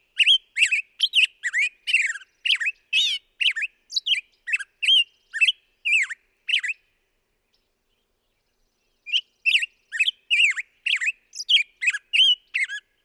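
Black-headed grosbeak singing a long, fast series of sweet, slurred whistles, breaking off for about two seconds before a second rapid burst.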